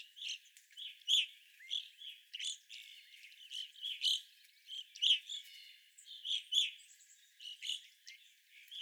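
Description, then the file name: Evening grosbeaks calling, spaced sharp chirps and call notes with fainter overlapping chatter between them. Several evening grosbeaks, recorded on 25 April 2021. "2021-04-25 Evening Grosbeaks"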